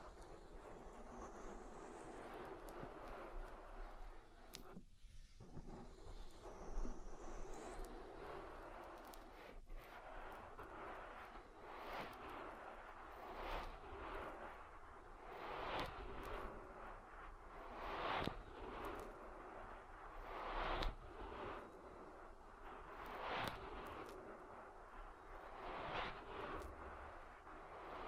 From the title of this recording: Oil Ear Massage